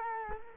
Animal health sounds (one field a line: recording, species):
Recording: mosquito wingbeat signal from an infrared sensor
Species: Culex quinquefasciatus